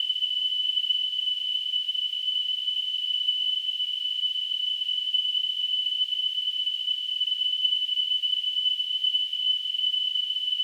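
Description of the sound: A steady, high-pitched ringing tone near 3 kHz sits over a soft hiss and stays constant for about ten seconds. It is a simulated tinnitus sound, imitating the ringing that people with tinnitus hear.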